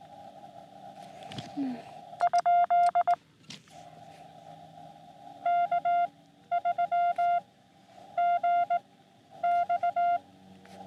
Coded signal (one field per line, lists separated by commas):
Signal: Morse code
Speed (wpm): 18 wpm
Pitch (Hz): 700 Hz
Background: none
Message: ? K3GX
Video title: SOTA with Cat on Sandstone Peak | Morse Code with Cat (Beginner)